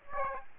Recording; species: mosquito wingbeat signal from an infrared sensor; Aedes aegypti